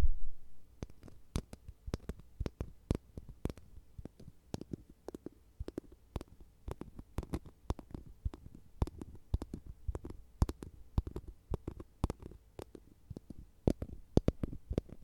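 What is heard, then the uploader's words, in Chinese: Light tapping sounds repeat irregularly throughout, sharp brief knocks several per second with a soft low thud beneath, over a quiet background. 轻微敲击声。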